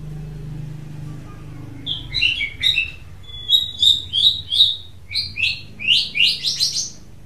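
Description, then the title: Oriental magpie-robin song: after two quiet seconds with a low hum, a quick run of varied whistled and chirping notes, some rising and sliding, grows busier toward the end. "Kicau Kacer"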